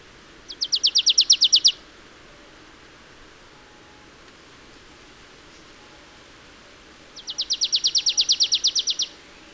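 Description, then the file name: Marsh tit: two rapid rattling runs of high, sharp chipping notes, about six seconds apart, with soft background hiss between them. "Poecile palustris"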